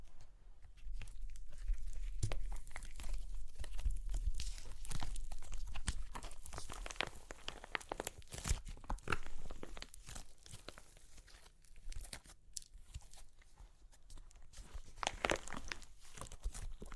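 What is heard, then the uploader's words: Crunchy clay cracking, a dense run of crisp snaps and crackles that fill the whole 17 seconds. Bursts cluster thickly around 2–5 and 8–10 seconds, thin out near 11–12, then pick up again, with a low rumble underneath early on. Super Crunchy Clay Cracking (No Talking).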